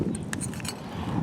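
A second steel brake pad hardware clip is worked into another corner of the caliper bracket on a 2013 Toyota Corolla's front brakes, with the bracket's pin side up and the clip's rounded side out and down. A sharp metallic snap at 0.3 s is followed by a softer click around 0.7 s. The clip seats in the bracket, completing the second one.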